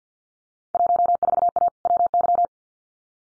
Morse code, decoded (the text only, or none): 14A WY